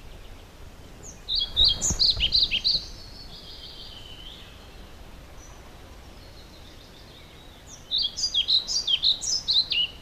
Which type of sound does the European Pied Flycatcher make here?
song